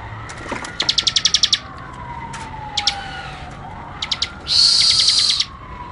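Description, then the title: Bird sings a quick run of sharp repeated notes, then scattered chips and a loud harsh burst, while a smooth lower tone slides down, up and down again. "SuaraBurung Kicau1"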